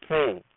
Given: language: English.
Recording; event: throat vibration sensor signal played as sound; speech